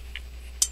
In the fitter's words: turn that screw clockwise until it clicks into place you